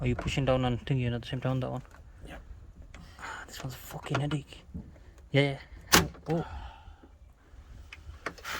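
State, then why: Released. An old plastic license plate lamp housing on an Audi A5 is pried out of the rear bumper trim while people talk. Sharp snapping hits are heard near the end, and the housing pops out at 8.3 s.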